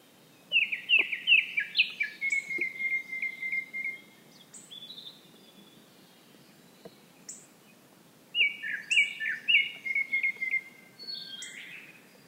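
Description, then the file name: Brown-headed thrush song: two phrases about eight seconds apart, each a few clear whistled notes running into a rapid trill, then thin high notes. Quiet background. Recorded on 7 June 2011. "akahara 110607"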